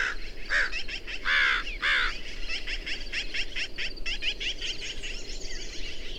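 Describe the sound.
Bird calls: three harsh, arched caw-like notes in the first two seconds over continuous high chattering from a flock, which carries on to the end.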